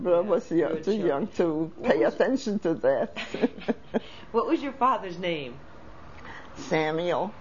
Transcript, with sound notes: I was much too young to pay attention to that. ( she laughs )
What was your father's name?
Samuel.